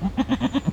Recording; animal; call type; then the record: contact call of a hoofed animal; goat; low-frequency (closed-mouth) or high-frequency (open-mouth) call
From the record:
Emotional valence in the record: negative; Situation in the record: short social isolation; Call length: 0.73 s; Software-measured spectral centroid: 1480 Hz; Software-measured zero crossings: 1060 a second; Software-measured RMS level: -23 dBFS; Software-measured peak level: -10 dBFS